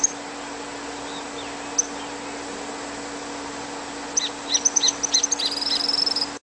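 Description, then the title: Bird chirping in a quick burst of very high, short chirps near the end, after a few isolated notes, over a constant low electrical hum. "LuckyPassaro Completos2Sama"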